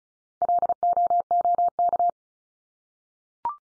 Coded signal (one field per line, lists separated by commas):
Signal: Morse code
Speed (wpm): 34 wpm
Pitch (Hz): 700 Hz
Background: none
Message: LOOK